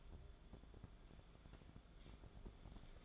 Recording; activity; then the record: daily activity, microphone in the room; take from stove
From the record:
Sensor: 5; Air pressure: 1010.5 hPa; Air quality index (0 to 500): 113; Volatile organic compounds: 2 ppm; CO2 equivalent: 1108 ppm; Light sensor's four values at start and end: 533/1357/563/647 and 640/1583/668/792